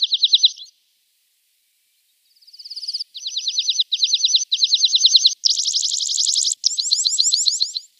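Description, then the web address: Red-throated Pipit singing a long sequence of high, rapid trilled phrases, each burst of repeated notes changing slightly, after a brief pause near the start. "Schulze Peter Red-throated Pipit song"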